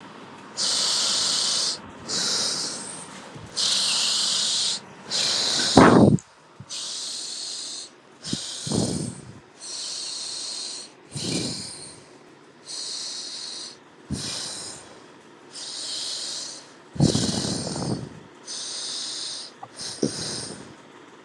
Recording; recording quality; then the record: deep breathing; excellent, no background noise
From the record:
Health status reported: respiratory illness, not identified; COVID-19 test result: negative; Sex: female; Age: 29 years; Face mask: not worn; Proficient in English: yes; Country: India